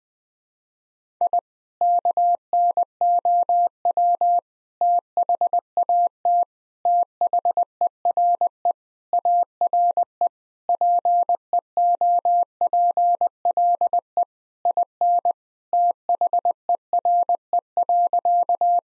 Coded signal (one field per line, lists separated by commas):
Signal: Morse code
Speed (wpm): 20 wpm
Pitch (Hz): 700 Hz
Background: none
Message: I KNOW THAT THERE ARE PEOPLE IN THERE.